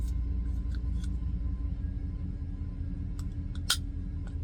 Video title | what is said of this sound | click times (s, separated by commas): Snap in. Speak confidently. Smile more.✨ | You hear a pop. | 3.7 s